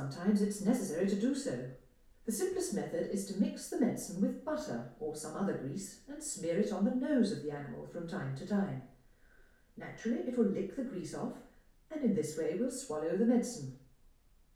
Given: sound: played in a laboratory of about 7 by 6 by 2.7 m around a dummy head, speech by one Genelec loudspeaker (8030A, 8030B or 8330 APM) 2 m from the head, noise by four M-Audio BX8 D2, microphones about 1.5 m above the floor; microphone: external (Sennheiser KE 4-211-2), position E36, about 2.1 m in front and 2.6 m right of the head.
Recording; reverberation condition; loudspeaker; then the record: female speech in English; medium; 60 degrees to the left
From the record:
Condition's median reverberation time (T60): about 510 ms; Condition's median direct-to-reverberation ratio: about -0.5 dB